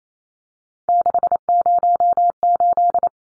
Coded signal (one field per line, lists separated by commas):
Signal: Morse code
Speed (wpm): 28 wpm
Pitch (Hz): 700 Hz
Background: none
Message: 608